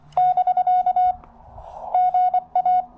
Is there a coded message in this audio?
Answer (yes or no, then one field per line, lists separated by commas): yes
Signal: Morse code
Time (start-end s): 0.2-2.8 s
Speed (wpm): 22 wpm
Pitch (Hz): 690 Hz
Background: none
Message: <BK> GA